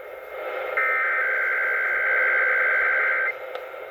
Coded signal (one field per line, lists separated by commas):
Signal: Emergency Alert System (SAME) tones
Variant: header bursts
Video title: EAS | Christmas iPAWS Test Central 11 AM 1480 AM KNGO